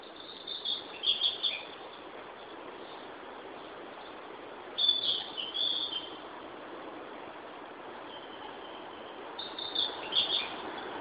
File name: Ficedula narcissina